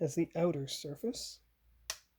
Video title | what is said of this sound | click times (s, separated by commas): Model #44 Episode 6: Tail Fins Attached to the ECTO-1 | Oh, there's a satisfying snap. | 1.9 s